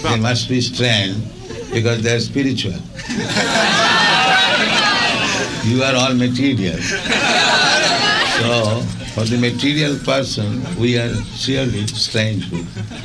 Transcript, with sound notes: Yes, they must be strange, because they are spiritual. You are all material. [laughter] So for the material persons, we are surely strange people.